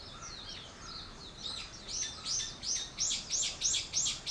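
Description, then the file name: Bird chirping: quick, bright chirps repeated about three times a second, growing louder and more regular toward the end, over a soft background hiss. "wild bird"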